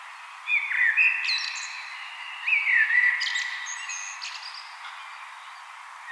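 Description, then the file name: Common blackbird song: two short, melodious whistled phrases with thin, high chirps tacked on, then a quiet pause and the start of a third. "Turdus merula"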